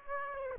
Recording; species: mosquito wingbeat signal from an infrared sensor; Aedes aegypti